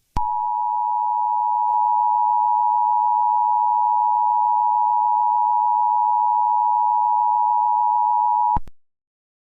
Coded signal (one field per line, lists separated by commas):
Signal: Emergency Alert System (SAME) tones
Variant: 853 and 960 Hz attention tone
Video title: EAS Scenario #16 | Weird Strict Dad (Part 2)